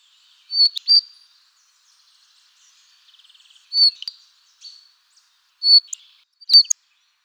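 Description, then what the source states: Bird song notes: high, thin chirps in pairs and singles separated by silence, with a short soft rattling trill between them. A single segmented song unit.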